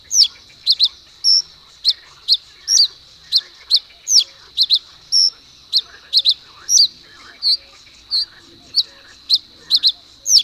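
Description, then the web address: Common reed bunting song: clipped high chirps and quick doubled notes repeated at a brisk, uneven pace, with nothing else prominent. "agykontroll Madardalok Cd 3. Nádi sármány"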